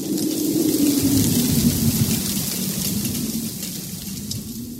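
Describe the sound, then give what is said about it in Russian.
Steady, heavy rain pours down in a dense hiss while a low, droning wind howls underneath, heard from the yard outside, holding an even loudness throughout with no voices. “Со двора доносится вой ветра и гул дождя.”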